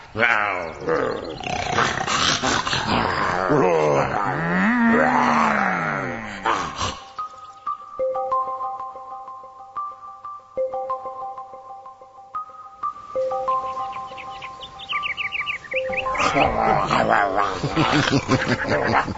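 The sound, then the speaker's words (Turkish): Loud roaring and snarling of a lion fighting an ox clash with a deep bellowing cry, then give way to a stretch of steady, sustained musical tones before the fierce growling bursts back in. “Aslanla öküzü nasıl birbirine düşürdüm ama?”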